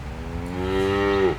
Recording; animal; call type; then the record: contact call of a hoofed animal; cattle; low-frequency (closed-mouth) or high-frequency (open-mouth) call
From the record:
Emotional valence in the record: negative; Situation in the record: full separation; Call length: 1.39 s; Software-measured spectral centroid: 1770 Hz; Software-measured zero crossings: 1280 a second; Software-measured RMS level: -23 dBFS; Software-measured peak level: -8 dBFS